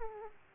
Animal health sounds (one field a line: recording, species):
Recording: mosquito wingbeat signal from an infrared sensor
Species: Aedes aegypti